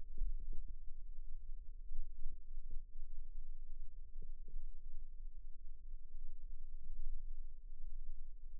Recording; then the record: forearm muscle sounds (acoustic myography)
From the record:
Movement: rest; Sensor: system 2, bracelet of six BSWA MPA416 microphones around the upper forearm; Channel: 1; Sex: female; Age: 21 years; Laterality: right